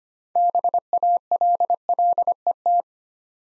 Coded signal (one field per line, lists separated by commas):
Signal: Morse code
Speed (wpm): 25 wpm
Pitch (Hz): 700 Hz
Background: none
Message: BALLET